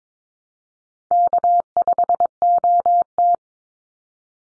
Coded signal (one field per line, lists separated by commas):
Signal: Morse code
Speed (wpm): 22 wpm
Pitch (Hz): 700 Hz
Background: none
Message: K5OT